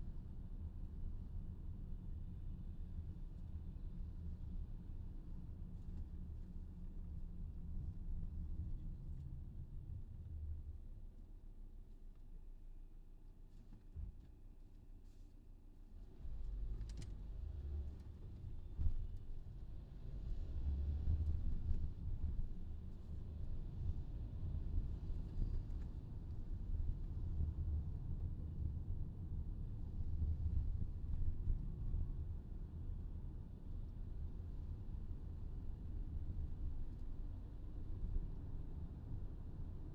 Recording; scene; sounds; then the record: everyday scene through a hearing-aid microphone; in a vehicle; engine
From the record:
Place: VW T5 Caravelle, diesel engine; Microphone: in the ear canal, left